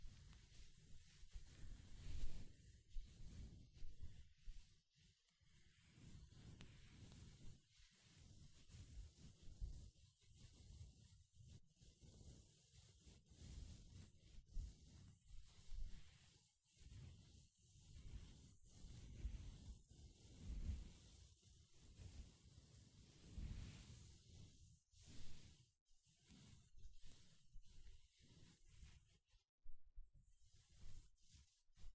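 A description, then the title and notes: Gloves being handled, with a constant run of soft rubbing, brushing and rustling that keeps stopping and starting in short bursts. The sound is mostly low and dull with a faint hiss above it, broken by brief pauses, the longest near the thirty-second mark. 5 different GLOVES Sounds. (No Talking).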